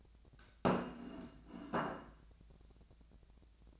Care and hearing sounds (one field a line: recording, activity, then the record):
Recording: daily activity, microphone in the room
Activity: place plate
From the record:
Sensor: 2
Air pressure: 1000.0 hPa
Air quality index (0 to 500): 134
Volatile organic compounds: 2 ppm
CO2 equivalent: 1142 ppm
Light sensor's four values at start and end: 24/61/26/28 and 23/58/25/27